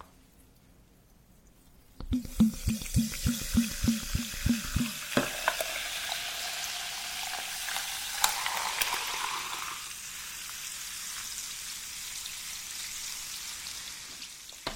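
Preparing matcha almond cookies and hazelnut cake: after two quiet seconds, a quick, regular run of about a dozen tapping or whisking strokes plays for roughly three seconds. A steady, dense sizzling hiss follows and continues to the end, growing slightly softer near ten seconds.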